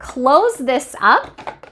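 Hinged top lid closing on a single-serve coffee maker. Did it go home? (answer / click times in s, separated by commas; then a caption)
no / none. Someone talks while the hinged plastic top lid of a single-serve coffee maker is being closed over the filter holder, with the water reservoir filled and the cup placed. Faint, short handling sounds follow near the end. The lid has not snapped shut yet, and nothing has seated or clicked.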